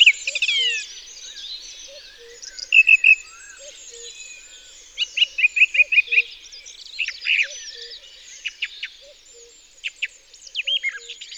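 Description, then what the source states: Song thrush song, bright whistled phrases, some notes repeated several times in quick succession, set against a busy chorus of other birds and a soft regular low ticking. Recorded in Isère, France.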